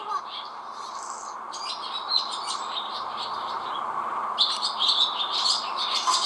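Swallows chirp in rapid, high twittering bursts that keep up throughout, with a steady low background hum underneath and no talking.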